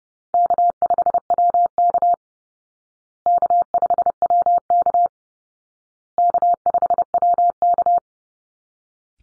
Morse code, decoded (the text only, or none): K5WK K5WK K5WK